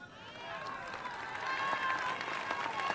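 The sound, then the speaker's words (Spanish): An audience applauds in a dense, steady wash of clapping, with crowd voices and cheering mixed in, growing a little louder halfway through and holding that level to the end, during a speech by Alberto Fernández in Tucumán, Argentina. “Yo sé que muchos de los que me están aplaudiendo tienen planes sociales y sé que lo que más desean es tener un empleo.”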